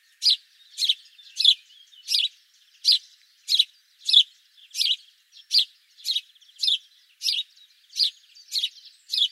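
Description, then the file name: House sparrow giving a repeated series of about fifteen sharp, scratchy chirps at a fairly even pace of just under two per second, otherwise quiet. "Passer domesticus"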